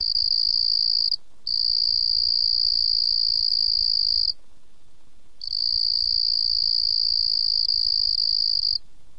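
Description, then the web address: Cricket giving a high, pure, steady trill in three long bursts separated by short gaps. "cricket chirp call sound"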